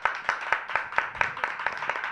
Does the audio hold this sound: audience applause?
yes